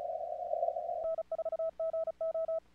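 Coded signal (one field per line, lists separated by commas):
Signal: Morse code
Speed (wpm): 36 wpm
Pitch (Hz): 1300 Hz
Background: none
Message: N4GO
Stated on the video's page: CWops CWT on the Fourth of July.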